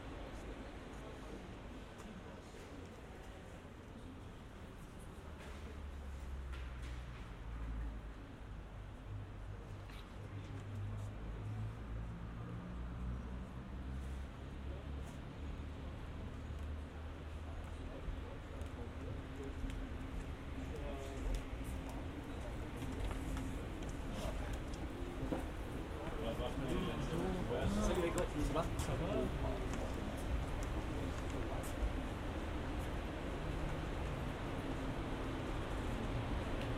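Visitors murmur and talk inside the old synchrocyclotron hall over a steady low machine hum. Slow gliding low tones drift through the first half, and after about twenty-five seconds the room grows louder and busier, with voices and scattered clatter.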